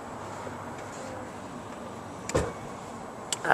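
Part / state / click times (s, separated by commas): seatbelt tongue into car buckle / seated / 3.5 s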